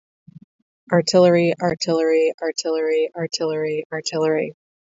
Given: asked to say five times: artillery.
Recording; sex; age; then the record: repeated word; female; 30 to 39 years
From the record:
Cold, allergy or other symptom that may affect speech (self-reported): no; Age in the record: 34 years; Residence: Minnesota, United States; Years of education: 14